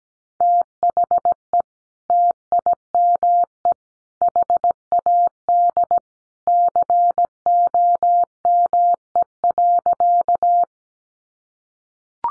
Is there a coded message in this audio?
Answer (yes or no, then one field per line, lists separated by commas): yes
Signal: Morse code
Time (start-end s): 0.4-10.6 s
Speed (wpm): 17 wpm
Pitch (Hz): 700 Hz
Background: none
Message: THE TIME HAD COME.